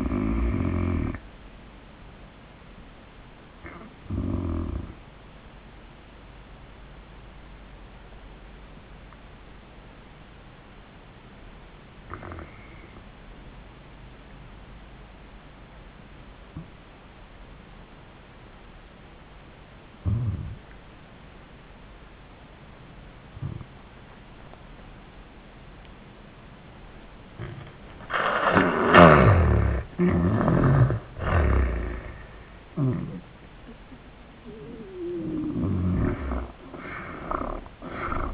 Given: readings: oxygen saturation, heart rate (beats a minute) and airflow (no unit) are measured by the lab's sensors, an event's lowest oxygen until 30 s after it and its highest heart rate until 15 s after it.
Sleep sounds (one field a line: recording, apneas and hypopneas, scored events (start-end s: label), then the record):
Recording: breathing in sleep by a voice recorder at the bedside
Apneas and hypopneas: 1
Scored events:
6.00-29.00 s: obstructive apnea (N1, oxygen 97% highest, then 76% lowest, heart rate 94 at the start, 94 highest)
13.00-38.34 s: new sleep stage, N2 (light sleep)
From the record:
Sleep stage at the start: N1 (lightest sleep)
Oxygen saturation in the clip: 80 to 97%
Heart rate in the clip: 72 to 94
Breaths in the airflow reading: 3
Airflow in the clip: -13.4 to 9.5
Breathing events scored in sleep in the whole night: 400 in 8.7 hours asleep